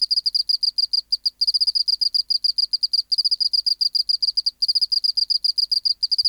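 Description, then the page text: Oceanic field cricket song in groups of loud pulsed chirps, broken by short pauses, over silence. Museum specimen in the BMNH Acoustic Laboratory, 19 March 1984, 11:15 local time, 24 °C, 30% humidity, still air, dim light. "Teleogryllus oceanicus. BioAcoustica. Natural History Museum Sound Archive. Recording Location: BMNH Acoustic Laboratory Recorded by: W. J. Reynolds Date Recorded: Mandag, marts 19, 1984 Local time: 1115"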